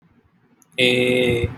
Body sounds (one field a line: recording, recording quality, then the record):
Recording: sustained vowel as in made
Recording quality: excellent, no background noise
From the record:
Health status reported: COVID-19 positive, mild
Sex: male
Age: 26 years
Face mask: not worn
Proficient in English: yes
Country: India